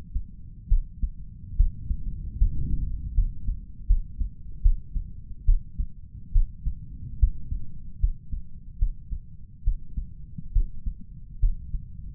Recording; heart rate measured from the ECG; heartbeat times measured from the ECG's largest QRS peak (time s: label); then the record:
heart sounds by stethoscope; 73 bpm
0.68 s: heartbeat
1.56 s: heartbeat
2.38 s: heartbeat
3.14 s: heartbeat
3.87 s: heartbeat
4.62 s: heartbeat
5.45 s: heartbeat
6.32 s: heartbeat
7.19 s: heartbeat
8.00 s: heartbeat
8.78 s: heartbeat
9.64 s: heartbeat
10.52 s: heartbeat
11.40 s: heartbeat
From the record:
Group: healthy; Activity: rest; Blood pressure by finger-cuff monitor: 109/72 mmHg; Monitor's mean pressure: 87 mmHg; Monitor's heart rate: 69 bpm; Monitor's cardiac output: 5.5 L/min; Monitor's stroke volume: 77 mL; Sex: male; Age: 35 years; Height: 178 cm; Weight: 64 kg